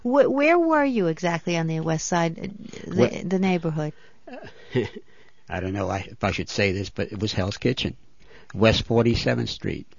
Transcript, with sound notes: Where were you, exactly, on the west side, the neighborhood?
( he laughs ) I don't know if I should say this, but it was Hell's Kitchen, West 47th Street.